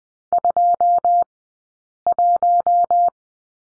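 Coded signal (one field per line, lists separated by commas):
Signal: Morse code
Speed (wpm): 20 wpm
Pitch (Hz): 700 Hz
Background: none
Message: 21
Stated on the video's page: Morse code course lesson on the letter G in two-character groups, Farnsworth spacing 20/10 wpm.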